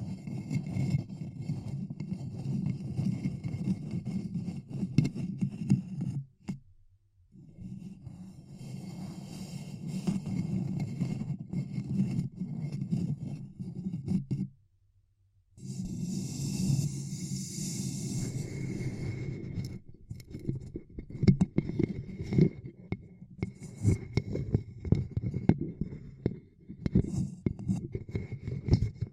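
Hands cup over the ear in muffled, low rustling swells, broken by two brief silences near seconds 7 and 15, with faint crackles.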